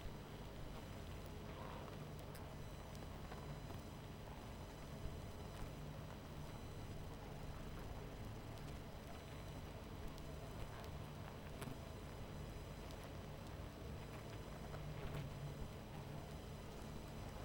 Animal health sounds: honeybee colony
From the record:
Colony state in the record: missing queen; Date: 14 July 2017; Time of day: 22:41

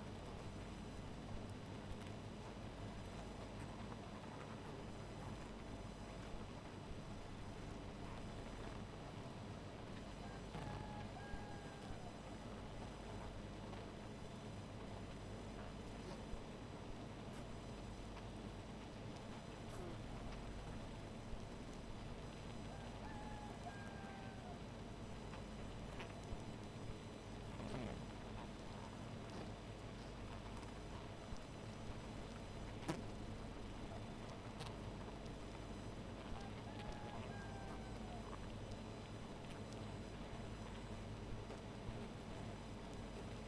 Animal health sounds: honeybee colony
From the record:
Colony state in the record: missing queen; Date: 14 July 2017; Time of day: 0:05

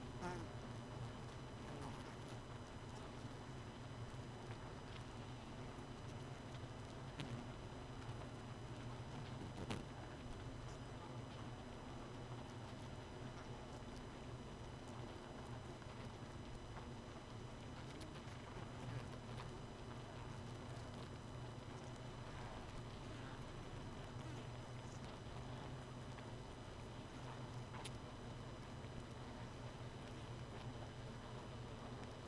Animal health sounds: honeybee colony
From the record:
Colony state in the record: missing queen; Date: 31 May 2018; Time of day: 2:00

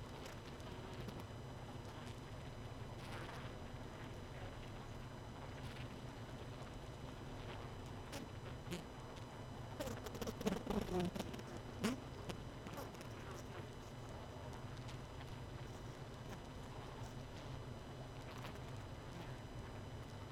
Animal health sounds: honeybee colony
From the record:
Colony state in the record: missing queen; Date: 31 May 2018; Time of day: 21:34

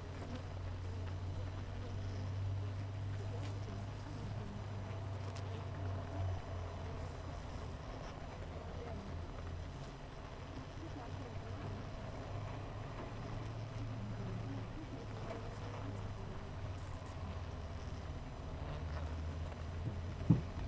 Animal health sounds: honeybee colony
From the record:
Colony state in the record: missing queen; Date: 14 July 2017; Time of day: 7:41

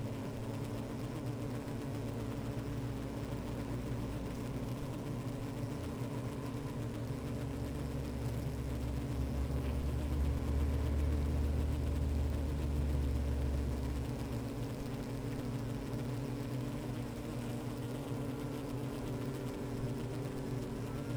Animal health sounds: honeybee colony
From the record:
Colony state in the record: active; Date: 28 July 2017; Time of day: 15:39

